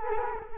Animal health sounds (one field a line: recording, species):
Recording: mosquito wingbeat signal from an infrared sensor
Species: Culex quinquefasciatus